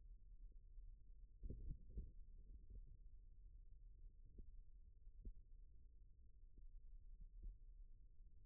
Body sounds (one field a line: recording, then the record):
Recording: forearm muscle sounds (acoustic myography)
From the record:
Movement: rest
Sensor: system 1, eight BSWA MPA416 microphones around the upper forearm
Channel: 6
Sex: male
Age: 41 years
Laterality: right